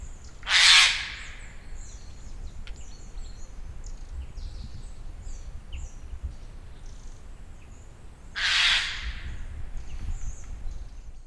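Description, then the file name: Eurasian jay calls, two harsh rasping screeches about eight seconds apart, with faint higher bird notes and low background noise between. "Garrulus glandarius"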